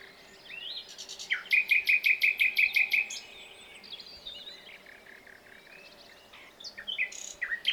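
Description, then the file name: Common nightingale song phrase of about ten crisp, evenly repeated notes delivered rapidly, followed by softer rambling warbles and a few sharp closing notes. "Luscinia megarhynchos"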